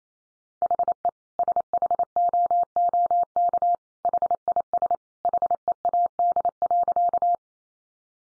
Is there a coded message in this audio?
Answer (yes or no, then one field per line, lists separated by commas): yes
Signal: Morse code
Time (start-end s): 0.6-7.4 s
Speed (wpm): 28 wpm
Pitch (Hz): 700 Hz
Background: none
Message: HE SHOOK HIS HEAD.